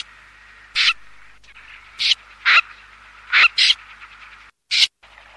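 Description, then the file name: Common snipe scratchy, rasping calls, about six short harsh notes spaced unevenly over a few seconds against a faint hiss. "BECCACCINO"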